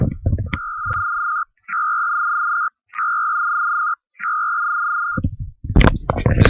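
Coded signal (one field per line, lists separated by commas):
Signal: HF data modem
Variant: PACTOR-I ARQ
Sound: four chirpy warbling data bursts, each about a second, separated by brief pauses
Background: clicks and handling noise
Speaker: PTC and call science and 0ip you can see is connected to M 0 IP u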